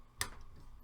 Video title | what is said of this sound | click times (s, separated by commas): Hoopin' Hats & Hustlin' | hear it click it clicks in and then to undo it you push the button in it unclicks it's | 0.2 s